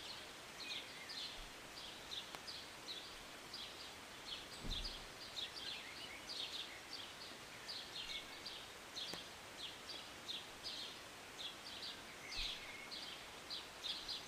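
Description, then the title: Birds chirping, quick bright high notes repeated in bursts all through, over a steady hiss of falling rain, with a brief low rumble partway. Birds singing and chirping, recorded from a city balcony on a Sunday morning during a short rain. "Rainy Morning with Birds Chirping"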